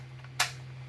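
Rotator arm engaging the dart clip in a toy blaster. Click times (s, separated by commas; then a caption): 0.4 s. After an earlier failed catch, the plastic rotator arm of a Nerf Hammershot toy blaster, modded to take an inline dart clip, is worked again. It engages the clip with a single sharp click at 0.4 s over a steady low hum. The arm catches properly and is good again.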